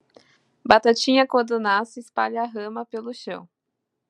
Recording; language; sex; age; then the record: short text; Brazilian Portuguese; female; 20 to 29 years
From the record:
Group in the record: control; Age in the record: 26 years